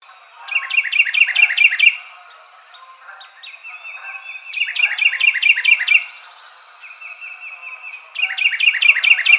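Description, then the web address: Carolina wren giving loud, rhythmic phrases of rapidly repeated ringing notes, with fainter repeated notes between them. Recorded on 23 April 2007. "Carolina Wren 2007 04 23"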